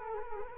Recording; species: mosquito wingbeat signal from an infrared sensor; Culex quinquefasciatus